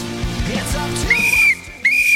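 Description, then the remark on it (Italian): Two sustained, steady high-pitched whistle blasts, the second starting after a short pause, sounding over a low rumbling, rhythmic background noise. “Adesso fischia pure. Fischia.”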